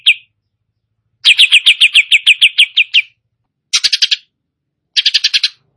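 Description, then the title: Greater green leafbird song: a brief note, then a fast series of about a dozen bright, even chirping notes, followed by two shorter rapid bursts after pauses. Singing actively and persistently, described as gacor. "Cucak Ijo Gacor"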